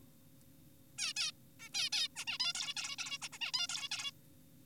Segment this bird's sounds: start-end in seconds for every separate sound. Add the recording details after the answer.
0.98-1.13, 1.17-1.32, 1.60-1.69, 1.74-1.89, 1.93-2.08, 2.16-2.25, 2.27-2.38, 2.40-2.53, 2.55-2.74, 2.77-2.96, 2.98-3.18, 3.22-3.29, 3.33-3.38, 3.41-3.52, 3.54-3.67, 3.69-3.88, 3.91-4.11. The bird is an adult. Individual g4p5U